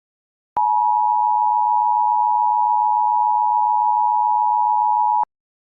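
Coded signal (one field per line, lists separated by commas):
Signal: Emergency Alert System (SAME) tones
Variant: 853 and 960 Hz attention tone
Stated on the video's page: Mock EAS, simulated: a Wireless Emergency Alert recreated as EAS tones.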